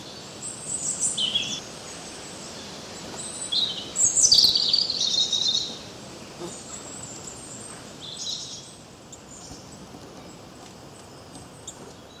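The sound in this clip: Bird chirping: high, thin chirps and short twittering runs near the start and around the middle, over a soft steady background hiss.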